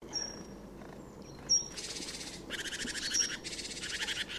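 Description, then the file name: Great tit scolding call: thin high whistles at first, then a few buzzy rattling churrs in quick succession against faint background hiss. "Parus major"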